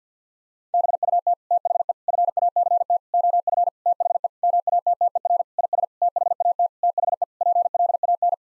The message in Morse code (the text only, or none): BUT THE FACT OF THE MATTER IS THAT THE PLAN